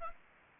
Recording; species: mosquito wingbeat signal from an infrared sensor; Aedes aegypti